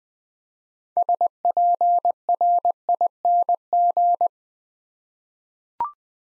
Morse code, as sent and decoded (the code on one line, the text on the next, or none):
... .--. .-. .. -. --.
SPRING